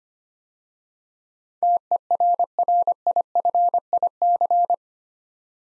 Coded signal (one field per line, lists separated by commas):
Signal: Morse code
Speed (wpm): 25 wpm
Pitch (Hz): 700 Hz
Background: none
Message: TERRIFIC